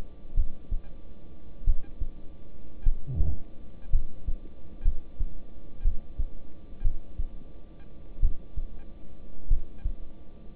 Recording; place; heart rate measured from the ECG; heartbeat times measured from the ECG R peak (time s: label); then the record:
heart sounds by stethoscope; between the tricuspid and mitral areas; 53 bpm
0.35 s: heartbeat
1.65 s: heartbeat
2.83 s: heartbeat
3.90 s: heartbeat
4.83 s: heartbeat
5.83 s: heartbeat
6.82 s: heartbeat
8.20 s: heartbeat
9.48 s: heartbeat
From the record:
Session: rest, lying down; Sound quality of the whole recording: good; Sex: male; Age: 26 years